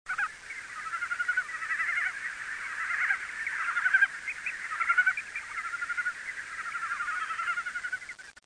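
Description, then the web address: Frog giving dense, rattling runs of rapid pulsed notes that swell and fade in waves without a break. "frog zukan"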